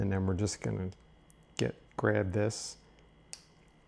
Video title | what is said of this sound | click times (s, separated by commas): DIY Update Di2 12sp Shifter at Home. The not so wireless Shimano DI2 Firmware update. | And you just have that little click. | 3.3 s